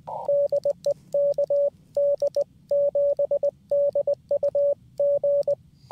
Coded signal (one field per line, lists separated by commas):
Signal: Morse code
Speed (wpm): 20 wpm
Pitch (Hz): 570 Hz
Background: radio noise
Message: DE KD7DUG